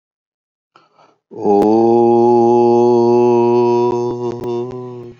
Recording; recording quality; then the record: sustained vowel as in boot; excellent, no background noise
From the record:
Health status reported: healthy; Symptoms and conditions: none ticked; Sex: male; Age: 43 years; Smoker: not ticked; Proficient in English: yes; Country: India